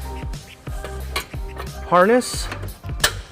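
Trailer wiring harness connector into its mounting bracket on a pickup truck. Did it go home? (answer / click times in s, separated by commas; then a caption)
yes / 3.0 s. On a 2010 Nissan Titan pickup truck, a plastic trailer wiring harness connector is pushed by hand into its mounting bracket under the truck while someone talks over music. A sharp, loud click at 3.0 seconds marks the connector seating in the bracket.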